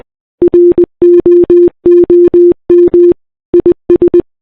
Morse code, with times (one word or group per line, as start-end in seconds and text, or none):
0.4-3.1 ROOM
3.5-4.2 IS